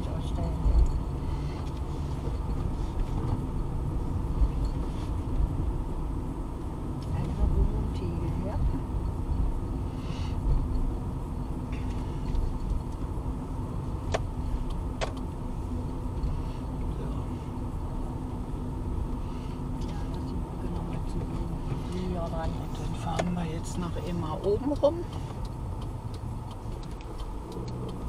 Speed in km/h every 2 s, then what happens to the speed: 28, 28, 26, 26, 25, 24, 24, 23, 24, 25, 24, 20, 11, 10.
0-20 steady at about 25. 20-24 slows to 11.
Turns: 0-15.